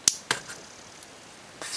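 A Leatherman Wave multi-tool with a lock-back design is opened, and its locking bar seats into its notch with a loud, sharp snap at 0.1 s, which keeps the tool from closing during use. A second, quieter click follows at 0.3 s, then a faint tick near 1.0 s, and a soft broadband rustle starts at 1.6 s and runs to the end. The lock bar is seated.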